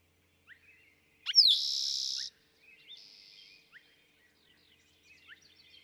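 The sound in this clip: Eastern towhee song with a sharp sliding opening note into a loud, even buzzy trill, followed by a softer buzz and scattered quiet chips.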